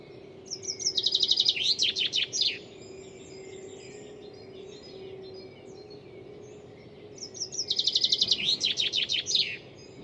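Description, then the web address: Bird song: two separate bursts of rapid, high chirps, each about two seconds, with a quiet gap and low steady hum in the background. "cianscape birddata Deverinetal 2025 File origin Bird Only"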